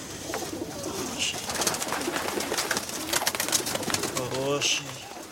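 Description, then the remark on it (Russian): Pigeons coo in a dovecote in a courtyard in Odessa while a teenager feeds them, low throaty warbles rising and falling over a steady rustling background, with scattered sharp clicks and flutters and a brief higher chirp now and then. “В одесском дворе подросток в голубятник кормит птиц. Любуется своими питомцами, с нежностью гладит голубей.”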